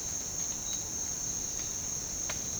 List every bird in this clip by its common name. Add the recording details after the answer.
Violaceous Jay. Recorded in dense forest near Puerto Asís, Putumayo, Colombia, on 25 June 2025 at 08:00. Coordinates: 0.499, -76.324. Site G100